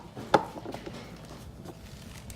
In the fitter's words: And that snaps in.